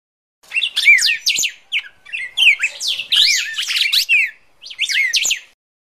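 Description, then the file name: Red-crested Cardinal fighting calls: bursts of sharp, rapid chirps and quick up-and-down whistled notes, separated by brief pauses. Fighting-style (tarung) song. "suara burung red crested cardinal tarung omkicau"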